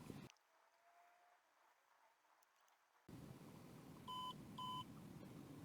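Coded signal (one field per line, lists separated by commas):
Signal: beep code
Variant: Keysight RF sensor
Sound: two short steady electronic beeps about a quarter second each, over background hiss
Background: room noise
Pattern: 2 short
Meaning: The sensor is rebooting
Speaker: If you notice that you hear 2 beeps on the sensor, means that it's rebooting, getting there right now.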